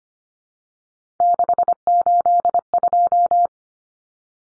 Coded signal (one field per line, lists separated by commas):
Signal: Morse code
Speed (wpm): 25 wpm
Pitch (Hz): 700 Hz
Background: none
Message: 682